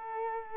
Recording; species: mosquito wingbeat signal from an infrared sensor; Culex quinquefasciatus